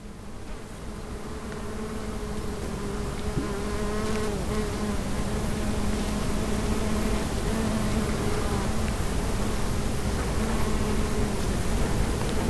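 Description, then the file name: Bees humming in a continuous buzz, with wavering tones that swell as the sound grows gradually louder over the first seconds, then holds steady. "abeilles"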